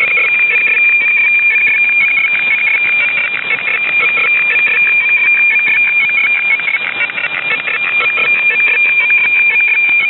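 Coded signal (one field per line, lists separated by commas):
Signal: weather fax (radiofax)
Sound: steady high warbling tone broken by rapid rhythmic chirps and dips, repeating each half second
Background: radio static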